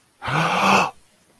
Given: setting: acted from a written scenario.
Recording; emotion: vocal sound without words; awe